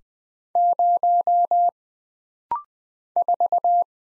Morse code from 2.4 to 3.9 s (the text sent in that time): 4